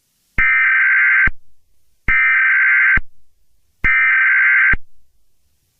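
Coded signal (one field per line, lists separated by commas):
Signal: Emergency Alert System (SAME) tones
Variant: header bursts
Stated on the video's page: Simulated EAS scenario about a Chinese-American war, a reupload.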